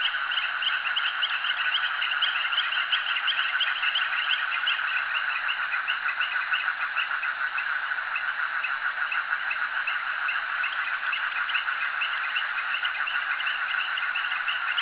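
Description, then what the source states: Frogs chorusing continuously, fast overlapping pulsed calls that stay even in level throughout the long stretch. Frogs calling at a jetty.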